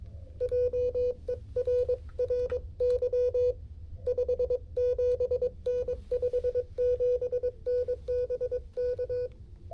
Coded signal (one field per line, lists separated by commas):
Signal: Morse code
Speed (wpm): 23 wpm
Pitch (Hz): 490 Hz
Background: music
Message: JERRY 57N 57N BK